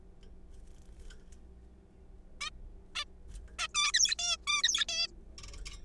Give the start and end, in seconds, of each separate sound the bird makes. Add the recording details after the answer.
2.41-2.49, 2.96-3.04, 3.59-3.67, 3.75-3.92, 3.94-4.15, 4.19-4.37, 4.47-4.62, 4.63-4.84, 4.89-5.08. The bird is a juvenile. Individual R3428